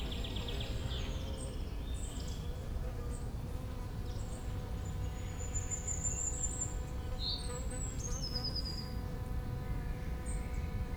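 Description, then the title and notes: Flying insects give a steady, droning wing buzz with a low hum throughout, while forest birds add thin high whistles and chirps. Many flying insects in a spring forest at Corsuet near Aix-les-Bains, France, some hovering near the microphones, and a bumblebee flying a random path; forest birds also present. "Forêt de Corsuet beaucoup d'insectes volants ce printemps, ceux qui font du vol stationnaire près des micros et un bourdon à la trajectoire aléatoire, oiseaux de la forêt."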